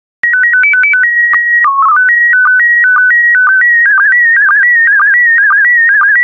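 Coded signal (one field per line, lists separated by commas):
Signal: SSTV (slow-scan television)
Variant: PD 120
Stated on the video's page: PD120-mode SSTV transmission of stock photos, software-generated with synthesized audio prompts.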